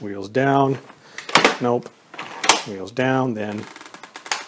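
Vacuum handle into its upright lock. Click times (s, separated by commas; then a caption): 4.3 s. Someone talks while the handle of a Dyson Cinetic Big Ball upright vacuum is pushed again with the wheels down into its plastic upright lock, with a few light knocks just before. The lock engages with a sharp click at 4.3 seconds and the handle is seated upright.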